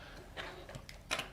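A removable magnetic clamp is taken off a 240 square magnetic embroidery hoop frame. After a few faint ticks, a sharp click at 1.1 s marks the clamp releasing.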